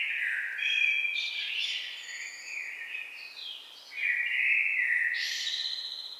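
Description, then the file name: Common blackbird pouring out continuous fluted warbling interwoven with high, scratchy twitters, with a brief dip in loudness before a final strong phrase. "Turdus merula"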